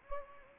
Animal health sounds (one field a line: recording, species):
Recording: mosquito wingbeat signal from an infrared sensor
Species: Anopheles gambiae